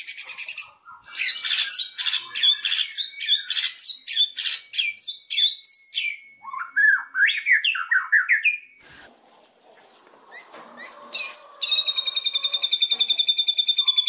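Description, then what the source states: White-rumped shama song: dense scratchy high notes and whistles, a quieter gap, then a sustained rapid high trill. Song used as a lure (pancingan) to make other shamas respond; said to work on first hearing with an immediate response; bird described as singing constantly (gacor).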